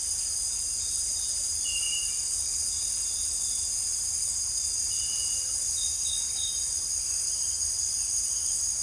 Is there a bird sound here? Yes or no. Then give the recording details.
no. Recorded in dense forest near Puerto Asís, Putumayo, Colombia, on 20 December 2024 at 18:00. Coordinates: 0.467, -76.328. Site GP05